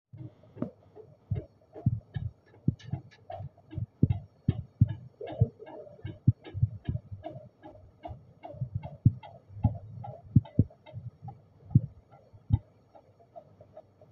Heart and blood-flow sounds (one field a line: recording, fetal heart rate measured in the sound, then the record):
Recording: fetal heartbeat by stethoscope microphone, probably a fetal Doppler's sound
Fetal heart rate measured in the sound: 149 bpm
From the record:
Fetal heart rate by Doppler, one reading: 161 bpm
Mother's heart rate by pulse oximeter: 78 bpm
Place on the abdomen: lower left side of abdomen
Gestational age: 39+ weeks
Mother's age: 23 years